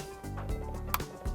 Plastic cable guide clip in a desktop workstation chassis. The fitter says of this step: Then we are going to press down on the clip until it locks into place.